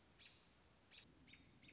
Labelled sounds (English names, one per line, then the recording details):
American Robin
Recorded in Sonoma County, California